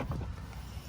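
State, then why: Released. The power tailgate latch on a 2015-2021 Ford F-150 pickup, stuck and not opening, is pressed on its stuck side while the button is pushed. Over a low rumbling background, the latch gives a sharp click at 0.1 s, then releases and the tailgate opens.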